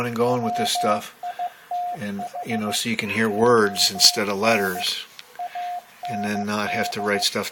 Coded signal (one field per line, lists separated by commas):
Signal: Morse code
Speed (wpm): 15 wpm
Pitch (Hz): 710 Hz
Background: speech, radio noise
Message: WITH ON AND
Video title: 15 wpm Morse Code and Discussion